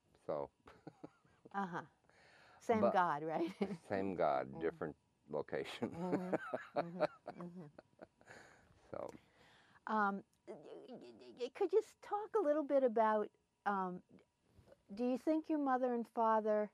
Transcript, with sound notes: So [laughs]
Same god, right? [laughs]
Same god, different location [laughs] so –
Could you talk a little bit about – do you think your mother and father